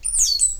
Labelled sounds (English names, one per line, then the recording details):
Stitchbird song
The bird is a male
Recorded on Tiritiri Matangi Island, New Zealand, in 2005
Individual 17, of nest box 25